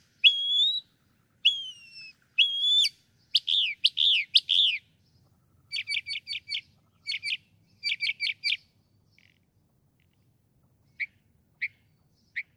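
Northern mockingbird song: whistled phrases, a few loud slurred notes, quick clusters of sharp chips, then a few sparse single notes.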